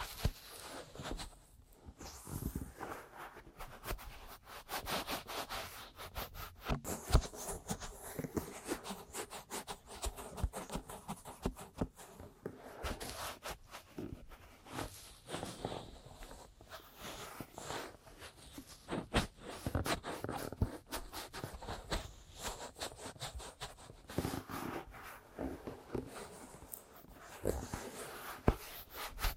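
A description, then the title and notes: Aggressive ear massage and tapping: dense, rapid rubbing and scratching with sharp taps scattered throughout, many strokes per second. The sound stays busy and bright for the whole stretch, with brief quieter gaps near two and fifteen seconds. Aggressive Ear Massage & Tapping.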